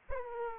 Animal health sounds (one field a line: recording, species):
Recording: mosquito wingbeat signal from an infrared sensor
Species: Aedes aegypti